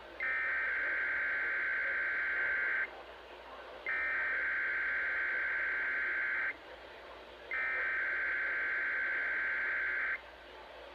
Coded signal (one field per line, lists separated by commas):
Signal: Emergency Alert System (SAME) tones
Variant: header bursts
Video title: Usual Weeklies (11/23/22) (EAS #474 - 478)